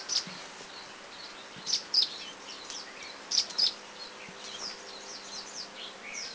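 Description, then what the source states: Grey-breasted prinia giving sharp high chirps in small groups, a few notes close together, then pauses, against a faint background hiss. Recorded in northern Thailand.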